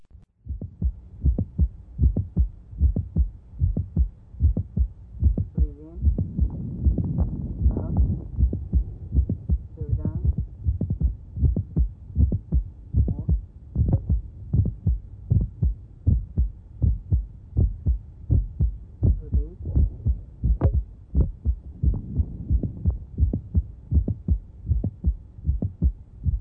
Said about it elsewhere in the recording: Mid-systolic click or mitral valve prolapse to perform a Valsalva maneuver. What the Valsalva will do during the strain phase is reduce venous return to the heart. Her mid-systolic click will move so close to S1 as to make it indistinguishable. Set of Valsalva, she has multiple clicks. And upon releasing as she takes a deep breath, you hear the click slide right back out to its original position.